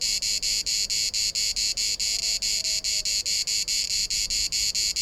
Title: Cigala, cicada orni